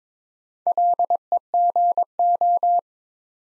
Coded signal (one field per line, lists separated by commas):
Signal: Morse code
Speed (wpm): 23 wpm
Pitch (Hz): 700 Hz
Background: none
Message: LEGO